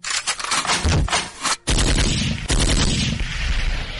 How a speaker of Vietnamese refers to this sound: đột nhiên nòng súng hướng lên tầng 4, xả một loạt đạn, sau đó xoay người lăn vào phòng.